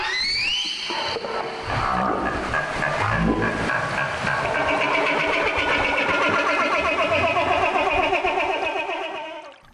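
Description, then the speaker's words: Humpback whale social call: rising whoops and wavering, harmonic tones layered with pulsed, buzzy calls that fill the whole stretch before fading at the end. Social call from a humpback whale engaged in bubble-net feeding, a way of catching food. "That was a social call from a humpback whale that's involved in a feeding behavior called bubble netting."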